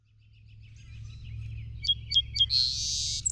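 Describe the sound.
Song sparrow song with three evenly spaced sharp notes followed by a long hissing buzz, over a low background hum.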